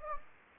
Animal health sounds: mosquito wingbeat signal from an infrared sensor; Anopheles gambiae

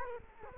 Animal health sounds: mosquito wingbeat signal from an infrared sensor; Culex quinquefasciatus

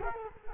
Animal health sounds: mosquito wingbeat signal from an infrared sensor; Culex quinquefasciatus

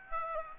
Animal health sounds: mosquito wingbeat signal from an infrared sensor; Aedes aegypti

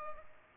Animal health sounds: mosquito wingbeat signal from an infrared sensor; Culex pipiens

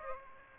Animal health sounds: mosquito wingbeat signal from an infrared sensor; Aedes aegypti

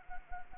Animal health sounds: mosquito wingbeat signal from an infrared sensor; Anopheles gambiae

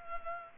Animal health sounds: mosquito wingbeat signal from an infrared sensor; Culex pipiens

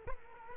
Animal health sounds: mosquito wingbeat signal from an infrared sensor; Culex quinquefasciatus

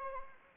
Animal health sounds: mosquito wingbeat signal from an infrared sensor; Anopheles arabiensis

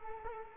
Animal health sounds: mosquito wingbeat signal from an infrared sensor; Culex quinquefasciatus

